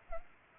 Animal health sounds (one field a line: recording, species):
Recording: mosquito wingbeat signal from an infrared sensor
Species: Culex pipiens